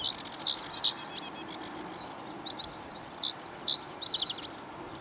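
Bird song of quick, high chirps and trills, some in rapid clusters, with brief pauses between phrases over steady background noise.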